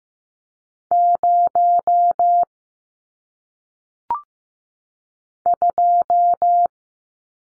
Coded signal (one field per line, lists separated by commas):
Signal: Morse code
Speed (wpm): 15 wpm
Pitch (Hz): 700 Hz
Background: none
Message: 0 2